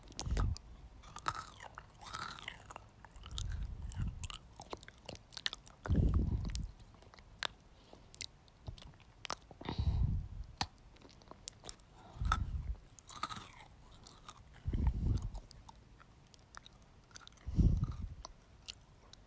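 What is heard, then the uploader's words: Crunching as someone bites and chews pocky sticks, with sharp brittle snaps scattered throughout. Heavier low thumps of chewing come in clusters roughly every two to three seconds, near 0, 4, 6, 10, 12.5, 15 and 17.5 seconds. Pocky ASMR. Eating pocky.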